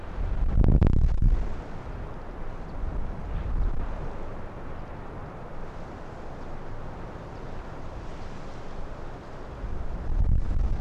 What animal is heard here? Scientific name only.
Vulpes lagopus